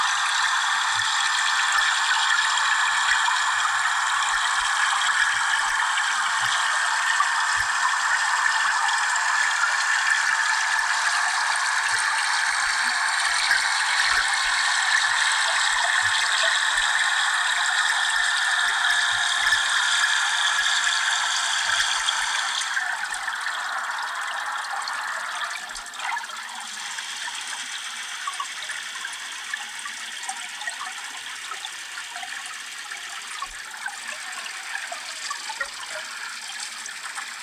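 Flowing water recorded underwater gives a dense, steady rushing hiss with a bright, crackling edge and almost no low rumble. Around twenty-three seconds the rush thins and quiets, continuing more softly with faint clicking through to the end.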